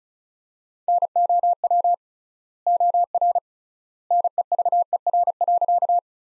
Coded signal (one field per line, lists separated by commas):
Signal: Morse code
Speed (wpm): 36 wpm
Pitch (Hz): 700 Hz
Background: none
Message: NOW OR NEVER.